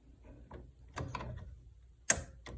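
Plastic ink cartridges are pushed down into the carriage slots of an HP Office Jet 6500 inkjet printer, with soft rustling and small clicks before a sharp snap at 2.1 s. The cartridge locks into place and everything is confirmed slotted in.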